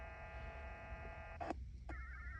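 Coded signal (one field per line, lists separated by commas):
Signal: HF data modem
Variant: VARA FM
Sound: buzzy chord of many steady tones, two short clicks, then warbling stepping tones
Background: background hum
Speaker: And you can probably hear the handshake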